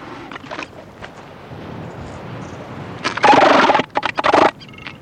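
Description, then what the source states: Southern elephant seal letting out a short, harsh pulsed burst, broken into rapid throbbing pieces, after a quiet stretch of low background noise. Adult male; pulsed call.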